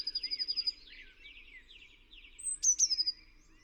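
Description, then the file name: Eurasian blue tit song: the tail of a fast high trill, then quieter buzzy notes, then a fresh phrase of a thin high note, sharp ticks and a quick trill. "Cyanistes caeruleus"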